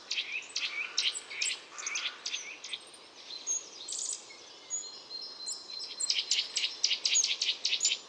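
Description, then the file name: Eurasian nuthatch calls, bright chirping notes given in quick bursts and runs, with a pause mid-way before a denser, rapid series, over faint steady background hiss. "Sitta europaea"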